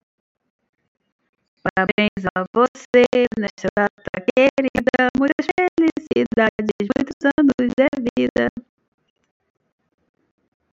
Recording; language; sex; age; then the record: short text; Brazilian Portuguese; female; 50 to 59 years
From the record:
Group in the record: control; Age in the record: 57 years